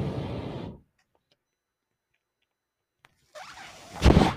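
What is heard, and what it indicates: A low mechanical rumble fades out, then after about two and a half seconds of quiet a soft airy hiss builds into a loud whoosh. This is the breath cycle of a person's own home mechanical ventilator delivering a breath, heard as background noise.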